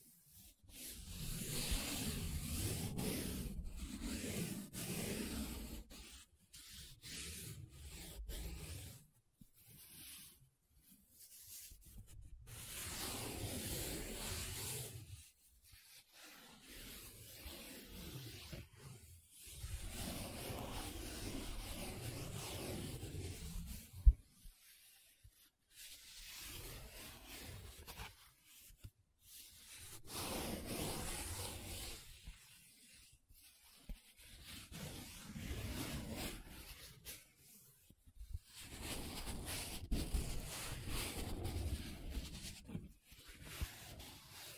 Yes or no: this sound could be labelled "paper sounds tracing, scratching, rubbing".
yes